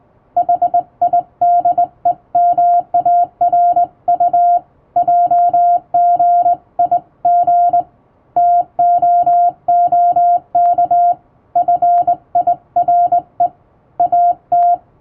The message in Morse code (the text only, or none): HIDEMARU JGIG TOOK FIRE AT